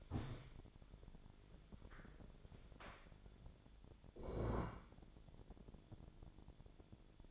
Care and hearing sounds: daily activity, microphone in the room; stand up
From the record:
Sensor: 5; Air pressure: 1000.5 hPa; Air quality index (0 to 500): 144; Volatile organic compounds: 2 ppm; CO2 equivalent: 1115 ppm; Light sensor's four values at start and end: 48/112/47/49 and 48/113/47/50

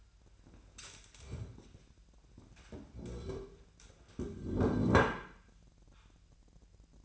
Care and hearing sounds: daily activity, microphone in the room; stand up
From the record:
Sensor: 2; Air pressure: 1001.5 hPa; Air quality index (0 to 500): 243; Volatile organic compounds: 78 ppm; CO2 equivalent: 3593 ppm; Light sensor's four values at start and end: 9/21/9/9 and 7/17/7/7

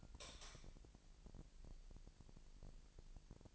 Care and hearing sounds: daily activity, microphone in the room; light on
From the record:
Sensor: 5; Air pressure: 1002.0 hPa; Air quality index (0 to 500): 239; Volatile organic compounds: 38 ppm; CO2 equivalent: 3120 ppm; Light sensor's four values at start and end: 16/38/15/17 and 16/38/16/17

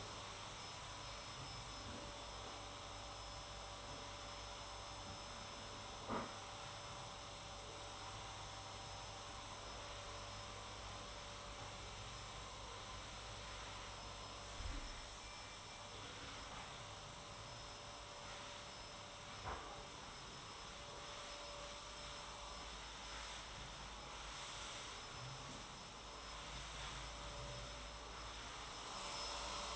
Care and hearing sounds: daily activity, microphone in the room; vacuum cleaning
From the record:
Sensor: 3

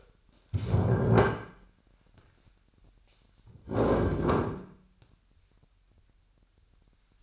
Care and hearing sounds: daily activity, microphone in the room; stand up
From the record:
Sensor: 2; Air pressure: 998.4 hPa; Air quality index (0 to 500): 129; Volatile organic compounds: 3 ppm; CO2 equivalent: 1460 ppm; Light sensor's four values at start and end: 8/20/8/9 and 6/13/6/6

